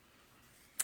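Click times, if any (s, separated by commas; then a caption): 0.8 s. A second plastic cap is pressed shut onto the barrel of an alcohol marker, sealed so the marker won't dry out. Near-silence is broken by one short, sharp snap at 0.8 s as the cap seats fully closed.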